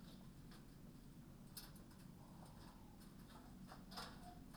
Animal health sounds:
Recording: poultry house recording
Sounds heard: healthy chickens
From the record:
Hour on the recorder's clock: 20

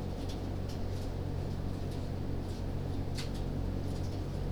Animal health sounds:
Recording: poultry house recording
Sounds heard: no chicken sound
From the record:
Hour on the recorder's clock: 22

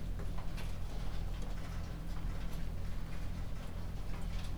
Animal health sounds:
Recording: poultry house recording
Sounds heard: no chicken sound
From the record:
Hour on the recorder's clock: 22

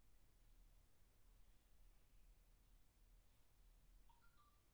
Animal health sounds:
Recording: poultry house recording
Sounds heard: no chicken sound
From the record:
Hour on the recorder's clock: 13

